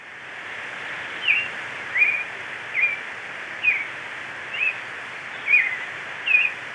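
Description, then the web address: Marañon thrush singing seven short, sweet whistled phrases in steady succession, under a second apart, each slightly varied, against a continuous background hiss. Recorded in Ecuador. "Natures Songs S America Birds of Ecuador Marañon Thrush"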